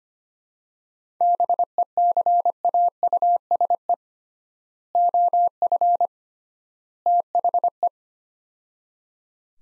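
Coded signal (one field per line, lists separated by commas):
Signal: Morse code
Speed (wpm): 25 wpm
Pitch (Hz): 700 Hz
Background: none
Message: BECAUSE OF THE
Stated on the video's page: Morse practice of three-word sets at 25 wpm with 3x word spacing, a Farnsworth-like method for head-copy training.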